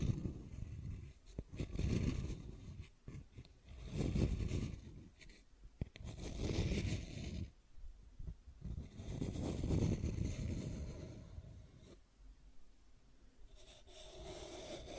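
Scratching and tracing sounds come in uneven rough strokes, swelling and fading every couple of seconds with brief pauses and sharp clicks between.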